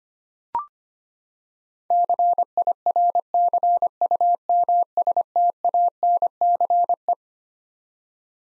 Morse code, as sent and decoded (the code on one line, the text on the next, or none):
-.-. .. .-. -.-. ..- -- ... - .- -. -.-. .
CIRCUMSTANCE